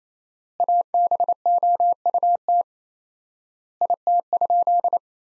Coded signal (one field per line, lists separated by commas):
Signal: Morse code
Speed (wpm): 28 wpm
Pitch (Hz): 700 Hz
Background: none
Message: ABOUT IT?